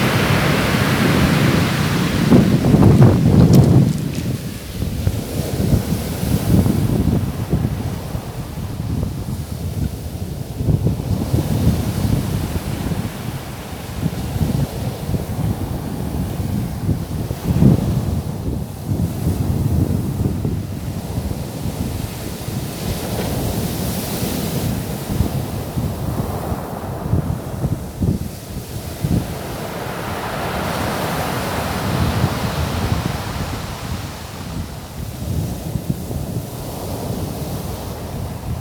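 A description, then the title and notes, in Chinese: Waves wash along a rocky shore, a dense low rumble that swells and recedes every few seconds, with brighter hissing surges around 24 and 32 seconds. Gusts of wind buffet the microphone throughout, loudest in the first four seconds. 臺東海岸。海潮音。石頭海岸。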